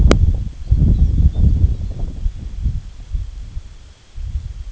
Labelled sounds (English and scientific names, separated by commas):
Lapland Longspur (Calcarius lapponicus)